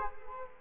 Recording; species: mosquito wingbeat signal from an infrared sensor; Culex quinquefasciatus